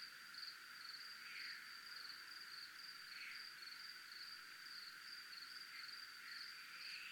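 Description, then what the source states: Cricket producing a sustained high pulsed trill without pause, softer scattered buzzy notes sounding lower in the background. Recorded in a military zone.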